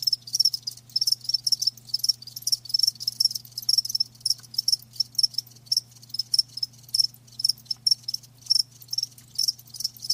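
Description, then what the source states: Cricket chirps, sharp high pulses repeating quickly and steadily throughout, over a quiet constant hum. Live crickets chirping with a lulling song.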